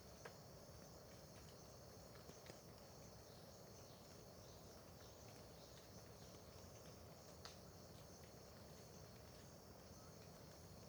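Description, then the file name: Cricket song as a sustained shrill hum, punctuated by a few sharp knocks or drips and steady low noise. Crickets at Terra Ronca park near the road at dawn, with dripping water; AB stereo recording. "Ambiencia parque terra ronca perto da estrada amanhecer com bacurau, gotejar, grilos"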